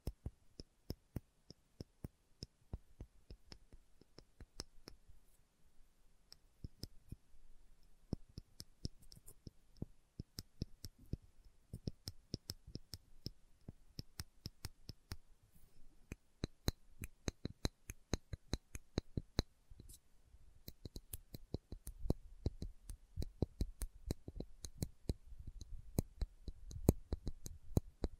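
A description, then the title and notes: Slow tapping with fingertips or nails: sharp clicks arrive one after another at an unhurried, uneven pace throughout, sometimes in quick pairs. A quiet hum sits underneath, and a soft low rumble swells in the last few seconds. ASMR Slow Tapping for Deep Sleep (No Talking).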